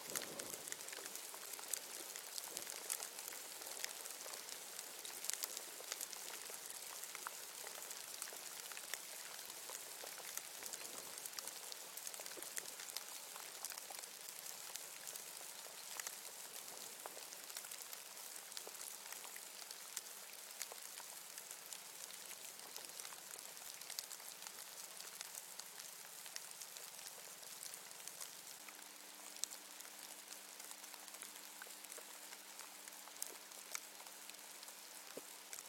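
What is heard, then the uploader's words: Steady rain falls, a dense, bright patter of drops with sharp individual ticks scattered throughout. The sound stays even from start to finish. A faint low hum sits underneath, shifting slightly in pitch near the end. Tranquil Rain.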